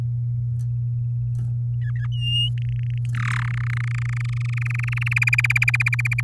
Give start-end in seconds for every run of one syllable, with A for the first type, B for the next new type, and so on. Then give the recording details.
1.81-2.06 A, 2.12-2.49 B, 2.57-3.06 C, 3.15-3.49 D, 3.50-5.13 E, 5.16-5.19 F, 5.21-6.21 G. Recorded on 8 May 2018 at 05:35. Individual llb16